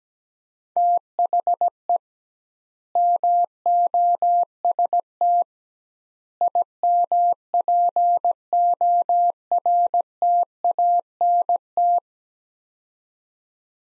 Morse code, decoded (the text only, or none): THE MOST IMPORTANT